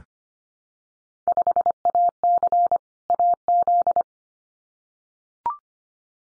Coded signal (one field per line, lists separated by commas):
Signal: Morse code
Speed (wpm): 25 wpm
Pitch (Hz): 700 Hz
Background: none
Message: 5AC AZ